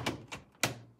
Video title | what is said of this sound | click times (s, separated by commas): Chick Brooder - H: 15" - 4 Layer (Assembly Instructions - Hatching Time) Cimuka | push the green lever down that locks into place again | 0.6 s